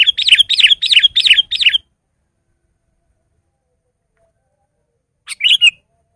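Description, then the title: Sooty-headed bulbul song: a fast run of five bubbly chirped phrases in under two seconds, then silence and a brief final chirp near the end. "kutilang"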